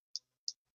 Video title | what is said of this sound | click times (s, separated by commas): The Keyport Pivot 2.0: Your old EDC Key setup is Obsolete! | And it just pops right on there, snaps into place. | 0.2 s, 0.5 s